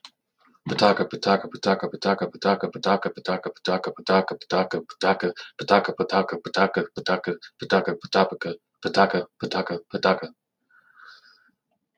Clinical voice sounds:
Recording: repeated syllables /pa ta ka/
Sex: male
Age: 40 to 49 years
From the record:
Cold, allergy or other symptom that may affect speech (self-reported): no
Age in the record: 45 years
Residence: Indiana, United States

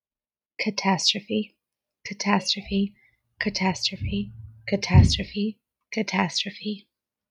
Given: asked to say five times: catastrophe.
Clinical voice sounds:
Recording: repeated word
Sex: female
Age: 30 to 39 years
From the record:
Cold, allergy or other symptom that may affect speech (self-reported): no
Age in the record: 31 years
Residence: Pennsylvania, United States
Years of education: 12

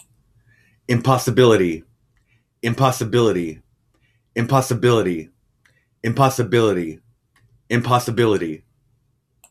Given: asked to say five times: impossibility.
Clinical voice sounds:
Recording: repeated word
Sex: male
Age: 40 to 49 years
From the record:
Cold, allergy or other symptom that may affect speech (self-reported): no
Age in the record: 48 years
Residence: Minnesota, United States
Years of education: 17

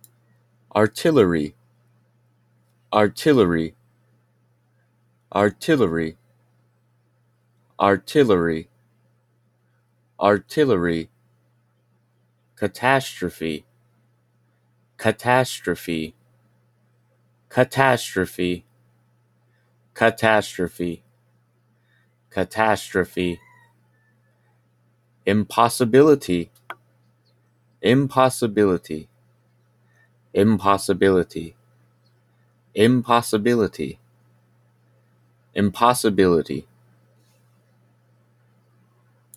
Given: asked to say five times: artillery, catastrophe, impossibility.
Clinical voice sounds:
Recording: three words, each repeated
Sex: male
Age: 20 to 29 years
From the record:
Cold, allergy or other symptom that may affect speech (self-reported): no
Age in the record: 29 years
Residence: United States

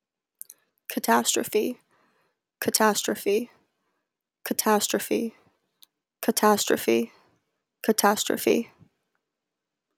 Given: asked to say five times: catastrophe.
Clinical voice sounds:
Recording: repeated word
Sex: female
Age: 20 to 29 years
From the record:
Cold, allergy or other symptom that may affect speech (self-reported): no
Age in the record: 27 years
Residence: Connecticut, United States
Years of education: 17

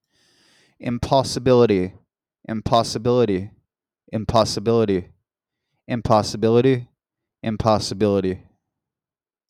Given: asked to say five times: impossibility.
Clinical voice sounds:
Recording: repeated word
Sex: male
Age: 40 to 49 years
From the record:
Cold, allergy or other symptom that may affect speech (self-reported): no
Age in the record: 42 years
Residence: Florida, United States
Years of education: 14

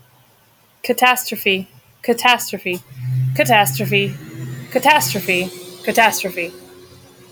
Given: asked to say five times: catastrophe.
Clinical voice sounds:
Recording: repeated word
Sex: female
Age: 30 to 39 years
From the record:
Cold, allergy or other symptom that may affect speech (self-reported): no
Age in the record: 36 years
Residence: Florida, United States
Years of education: 17

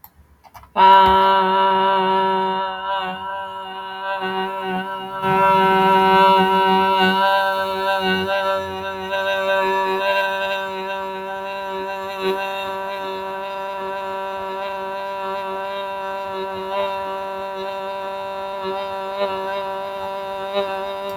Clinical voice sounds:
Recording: vowel held as long as possible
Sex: female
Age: 40 to 49 years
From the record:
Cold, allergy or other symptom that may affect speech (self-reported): no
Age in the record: 46 years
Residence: California, United States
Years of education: 13

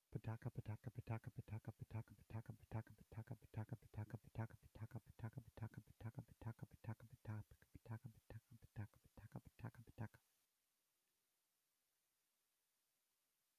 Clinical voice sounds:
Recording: repeated syllables /pa ta ka/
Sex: male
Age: 50 to 59 years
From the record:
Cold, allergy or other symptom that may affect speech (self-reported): no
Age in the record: 57 years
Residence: Texas, United States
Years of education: 21

